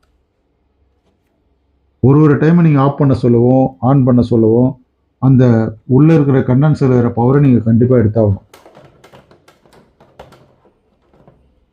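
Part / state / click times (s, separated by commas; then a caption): internal part locking into the TV chassis / seated / 10.2 s. During a repair of a Mi 55-inch Android TV (model L55M6-ES) with no picture but a working backlight, an internal part is lined up and pushed sideways into the TV chassis. Someone talks, then soft handling noises follow from about 8.8 to 9.7 s. A sharp click at 10.2 s marks the part locking into place.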